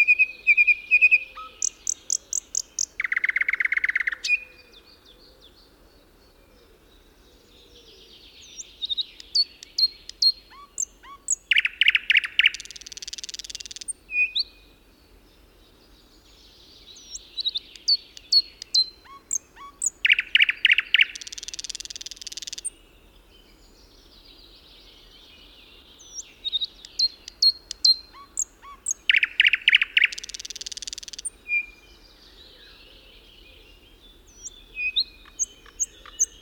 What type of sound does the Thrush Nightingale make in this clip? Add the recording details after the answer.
song. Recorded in the wild. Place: Wolin, Westpommern, PL. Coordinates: 53.923, 14.549. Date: 1972-06-04. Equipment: Nagra III BH, Sennheiser MD 21, parabola. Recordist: Schubert, Michael